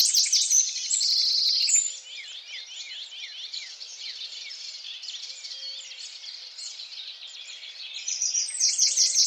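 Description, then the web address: Bird calls: dense, high chattering chirps, with louder rapid trilled bursts at the start and end and softer twittering between. "Deverinetal 2025 File origin Bird Only"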